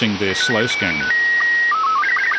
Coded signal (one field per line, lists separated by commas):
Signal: SSTV (slow-scan television)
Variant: Robot 36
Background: speech